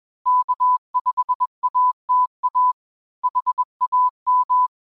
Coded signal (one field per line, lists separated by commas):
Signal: Morse code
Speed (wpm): 21 wpm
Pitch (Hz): 1000 Hz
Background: none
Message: K5ATA HAM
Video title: Ham Radio Basics: How to Build an MMDVM Hotspot Using Raspberry Pi Zero